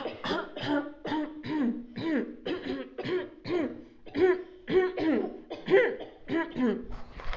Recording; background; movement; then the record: throat clearing; a bystander coughing; sitting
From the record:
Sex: female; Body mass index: 21.8 kg/m2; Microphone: on the chest, facing outward